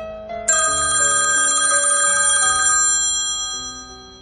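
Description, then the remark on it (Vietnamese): A phone ringtone plays a bright, bell-like melody of sustained tonal notes, starting abruptly and holding steady before tapering off slightly near the end, with no voices. “Tiếng chuông điện thoại vang lên, đánh vào tâm lý hỗn độn của Ninh Dương”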